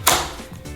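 The clamp lever at the end of the attachment on an AEG OMNI18CXLI-202B multi-function oscillating tool head is pulled out and flipped back. It gives a single sharp, bright snap at 0.1 s, followed by a faint low rumble. The lever locks into place, popping out the end of the blade holder.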